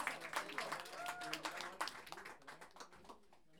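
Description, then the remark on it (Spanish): A concert audience applauds an orchestra, with dense, steady clapping that thins out toward the end, and a brief whoop or cheer rises over it near the start. The whole burst is fairly soft. “¡El aplauso!”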